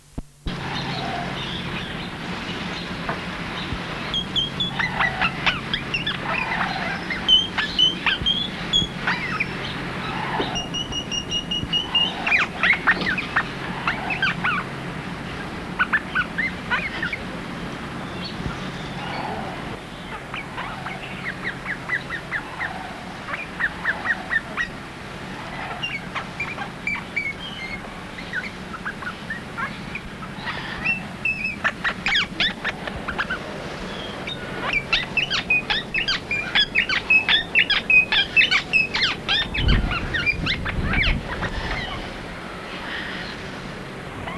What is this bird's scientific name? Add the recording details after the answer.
Barnardius zonarius. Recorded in captivity. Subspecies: semitorquatus. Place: Vogelpark Walsrode, Niedersachsen, DE. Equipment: Halbspur, 9,5 cm/s. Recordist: Lütgens, Hans. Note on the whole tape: Rufe